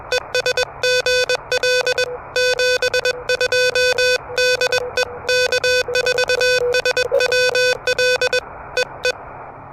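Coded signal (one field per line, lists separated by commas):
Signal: Morse code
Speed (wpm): 21 wpm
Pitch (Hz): 1500 Hz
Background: music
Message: ES GL 72 DE K4SWL E E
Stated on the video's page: Fast Morse during a POTA activation with the Elecraft KH1 handheld radio.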